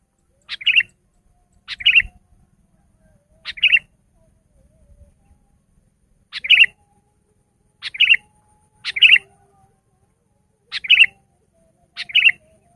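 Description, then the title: Sooty-headed bulbul song: eight short bubbly chirped phrases at irregular intervals, with faint low rustling. "kutilang"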